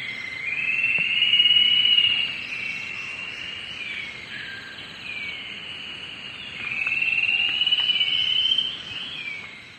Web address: Natures Songs S America Eastern Lowlands Ramphocaenus melanurus, songs 2-3 birds